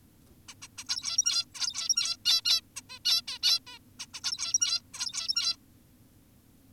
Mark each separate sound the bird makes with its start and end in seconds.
0.48-0.54, 0.62-0.68, 0.78-0.84, 0.89-1.45, 1.55-2.17, 2.26-2.42, 2.45-2.61, 2.76-2.82, 2.90-2.99, 3.05-3.22, 3.28-3.39, 3.43-3.60, 3.67-3.79, 4.00-4.07, 4.14-4.21, 4.24-4.82, 4.94-5.56